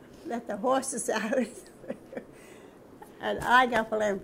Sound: laughs

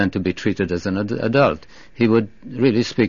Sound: none

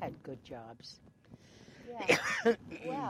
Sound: coughs

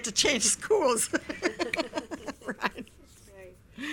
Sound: they laugh

